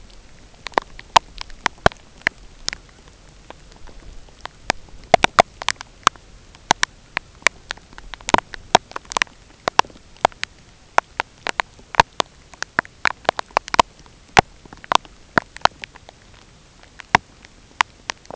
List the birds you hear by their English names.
none